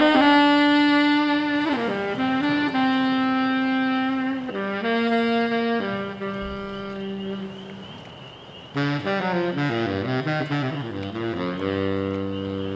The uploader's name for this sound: Bari with trains n d frogs